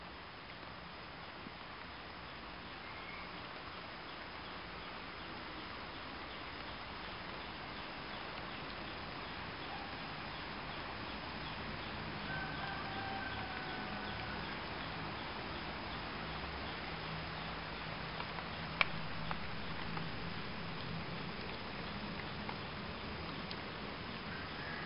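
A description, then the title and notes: Steady, dense rain hiss fills a Balinese shop on a wet afternoon, with a low engine rumble from a passing vehicle swelling in the second half. Faint bird calls sit in the background, and a sharp tap sounds near the nineteen-second mark. A rainy afternoon in Ubud at a Balinese Traditional Healing shop on the island of Bali, Indonesia.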